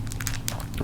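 A plastic replacement arm joint for a NECA Ash vs Evil Dead action figure (Hero version) is hooked into the figure's shoulder and pushed home. Several light plastic ticks are heard over a low steady hum, followed by a sharper click at 0.5 s as the joint plugs in tightly and seats.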